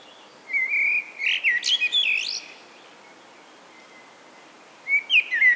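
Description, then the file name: Common blackbird song: a fluted warbling phrase with high squeaky flourishes, a pause, then another phrase beginning at the end. "Turdus merula"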